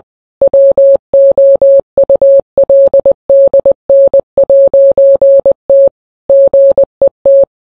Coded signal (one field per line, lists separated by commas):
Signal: Morse code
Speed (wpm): 20 wpm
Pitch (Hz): 550 Hz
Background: none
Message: WOULDN'T GET